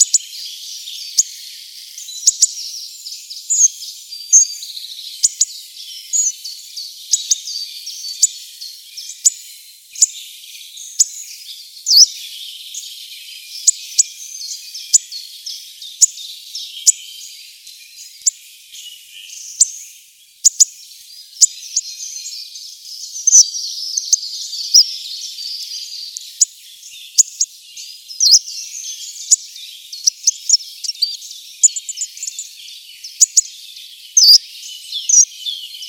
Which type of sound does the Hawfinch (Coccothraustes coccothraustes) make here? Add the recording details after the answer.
song. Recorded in the wild. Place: Weisweil am Kaiserstuhl, Baden-Württemberg, DE. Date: 1984-03-30. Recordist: Schwarz, Dieter